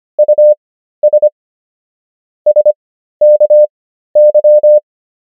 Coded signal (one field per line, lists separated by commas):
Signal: Morse code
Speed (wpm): 25 wpm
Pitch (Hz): 600 Hz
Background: none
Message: US SKY